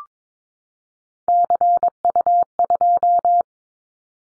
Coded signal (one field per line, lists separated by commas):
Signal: Morse code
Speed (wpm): 22 wpm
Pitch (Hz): 700 Hz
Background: none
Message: CU2